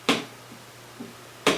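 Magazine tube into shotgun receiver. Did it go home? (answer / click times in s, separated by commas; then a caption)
partly / 0.1 s, 1.5 s. A magazine tube is pushed over a steep ramp into the receiver of an SRM1216 shotgun, giving two sharp snaps at 0.1 s and 1.5 s with faint, soft knocks between them. The tube snaps into place but is not locked yet, because it only locks once it is rotated into the correct position.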